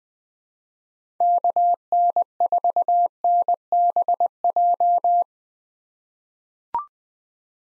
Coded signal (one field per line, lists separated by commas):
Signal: Morse code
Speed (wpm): 20 wpm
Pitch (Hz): 700 Hz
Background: none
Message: KN4NBJ